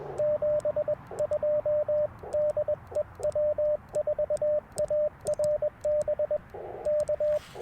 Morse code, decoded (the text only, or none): 72 DE W4ARB K